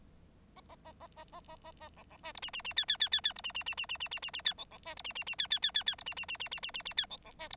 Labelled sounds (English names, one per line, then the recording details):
Bengalese Finch song
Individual Bird9